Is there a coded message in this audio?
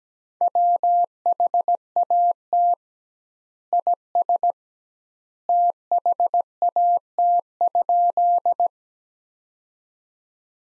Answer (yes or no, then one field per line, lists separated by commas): yes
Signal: Morse code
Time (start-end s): 0.4-8.7 s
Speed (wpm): 17 wpm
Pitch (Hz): 700 Hz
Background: none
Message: WHAT IS THAT?